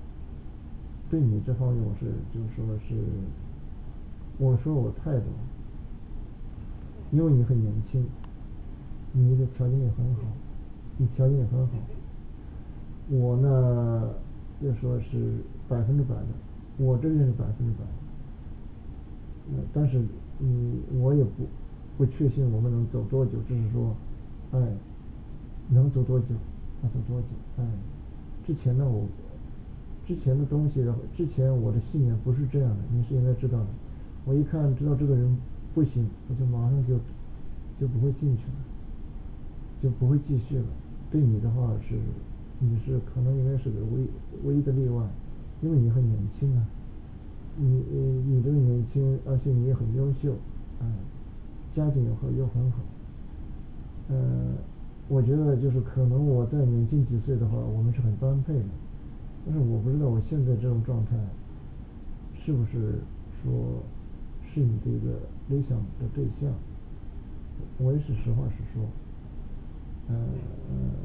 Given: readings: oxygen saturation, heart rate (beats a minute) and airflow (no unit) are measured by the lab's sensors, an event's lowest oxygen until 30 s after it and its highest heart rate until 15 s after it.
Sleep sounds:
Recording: a person awake in a sleep study, by a smartphone at the bedside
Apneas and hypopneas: none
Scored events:
0.00-71.05 s: awake
From the record:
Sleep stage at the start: awake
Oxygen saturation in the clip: 95 to 96%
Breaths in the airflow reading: 21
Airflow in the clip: -3.4 to 4.7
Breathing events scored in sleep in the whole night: 216 in 7.0 hours asleep

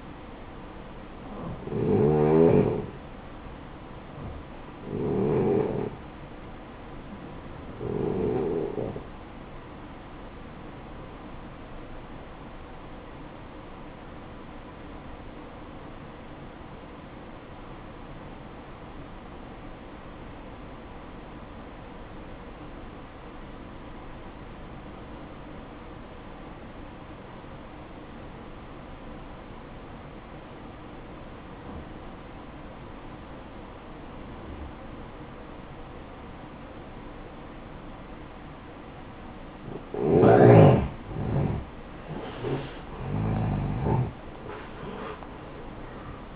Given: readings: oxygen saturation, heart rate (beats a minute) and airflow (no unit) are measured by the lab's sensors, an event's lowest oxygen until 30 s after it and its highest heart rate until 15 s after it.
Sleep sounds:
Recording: breathing in sleep by a voice recorder at the bedside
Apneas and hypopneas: 1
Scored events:
12.00-40.10 s: obstructive apnea (N1, oxygen 94% highest, then 86% lowest, heart rate 57 at the start, 75 highest)
26.00-46.36 s: new sleep stage, N2 (light sleep)
From the record:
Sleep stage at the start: N1 (lightest sleep)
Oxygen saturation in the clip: 89 to 94%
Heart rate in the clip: 54 to 71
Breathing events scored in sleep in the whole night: 573 in 9.8 hours asleep

